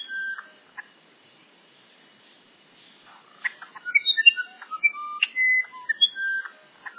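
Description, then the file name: Musician wren song: a few whistles, a quiet gap of about two seconds, then a lively run of clear, flute-like notes stepping up and down in pitch. "uirapuru verdadeiro"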